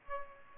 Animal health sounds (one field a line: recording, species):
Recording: mosquito wingbeat signal from an infrared sensor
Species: Aedes aegypti